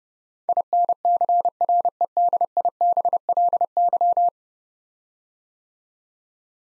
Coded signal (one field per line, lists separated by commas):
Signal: Morse code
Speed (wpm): 32 wpm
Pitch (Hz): 700 Hz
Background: none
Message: INCREDIBLY